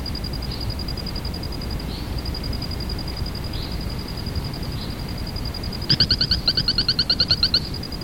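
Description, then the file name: Hylodes phyllodes calling: a quick series of many high, sharp notes near the end, over a steady high tone and low rushing background noise, with a few faint earlier notes. Recorded at Picinguaba, Ubatuba, São Paulo state, Brazil. "Hylodes-phyllodes-Picinguaba Ubatuba SP-BR. ASilveira"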